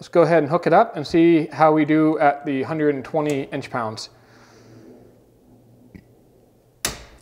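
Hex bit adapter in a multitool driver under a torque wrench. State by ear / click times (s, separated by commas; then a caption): stripped / 6.8 s. Someone talks, then a torque wrench loads the steel hex bit adapter of a Leatherman Surge multitool held in a bench vise, aiming for about 120 inch-pounds. After quiet strain and a faint tick near 6.0 s, a loud, sharp crack at 6.9 s marks the adapter's head stripping out because the bit was not fully engaged.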